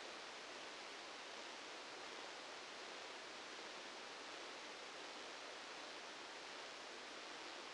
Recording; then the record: brain microelectrode recording played as sound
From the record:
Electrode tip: outside the subthalamic nucleus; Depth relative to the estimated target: -10 mm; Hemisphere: right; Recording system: NeuroSet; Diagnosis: Parkinson's disease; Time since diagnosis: 10 years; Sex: male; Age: 56 years